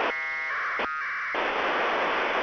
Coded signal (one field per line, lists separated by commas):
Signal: packet radio (AX.25, as in APRS)